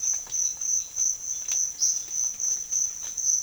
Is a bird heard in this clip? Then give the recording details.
no. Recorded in secondary vegetation near Puerto Asís, Putumayo, Colombia, on 25 June 2025 at 06:30. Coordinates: 0.500, -76.326. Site GP08